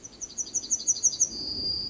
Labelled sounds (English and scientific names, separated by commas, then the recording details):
Yellowhammer (Emberiza citrinella) song
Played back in forest
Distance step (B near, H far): D
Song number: 121